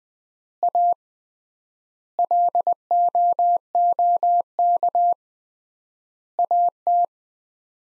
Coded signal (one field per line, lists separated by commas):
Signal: Morse code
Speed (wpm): 20 wpm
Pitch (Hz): 700 Hz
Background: none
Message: A LOOK AT